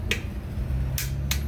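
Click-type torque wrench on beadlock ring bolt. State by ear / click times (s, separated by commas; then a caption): torque reached / 0.1 s. A click-type torque wrench set to 144 inch-pounds tightens a bolt on a wheel's beadlock ring. It gives a sharp click at 0.1 s, confirming the bolt has reached the setting. Two more short bright clicks follow at about 1.0 s and 1.3 s over a low steady hum.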